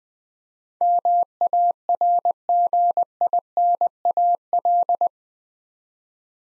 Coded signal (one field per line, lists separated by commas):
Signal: Morse code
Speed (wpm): 20 wpm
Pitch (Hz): 700 Hz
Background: none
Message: MARGINAL